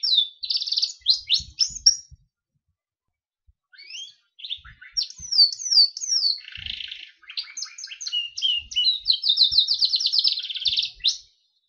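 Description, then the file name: Gloster canary song: fast rolling trills and buzzy chattered phrases high in pitch, a pause early on, then a long run of rapid repeated notes with faint low thumps. "canary gloster sings"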